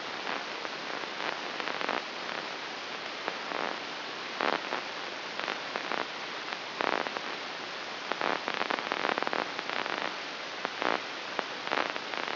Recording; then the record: brain microelectrode recording played as sound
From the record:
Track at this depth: inside the subthalamic nucleus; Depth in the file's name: 3.542 mm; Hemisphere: right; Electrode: 2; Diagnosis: Parkinson's disease